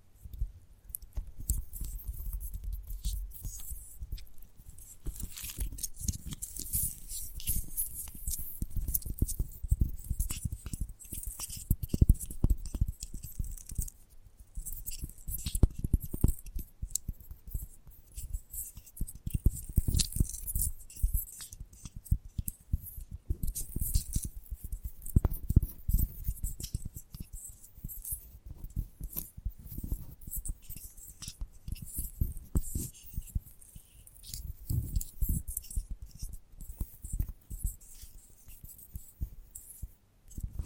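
Gentle tapping continues for the whole clip in quick, uneven bursts, each tap mixing a dull low thump with a faint metallic click.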